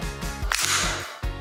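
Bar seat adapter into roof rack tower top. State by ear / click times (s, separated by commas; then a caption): seated / 0.5 s. A plastic bar seat adapter is dropped and pressed into the top of a Yakima RidgeLine roof rack tower. A single sharp snap is heard at 0.5 s, followed by a brief bright rush of noise over a low, steady music bed. The adapter snaps into place and is seated.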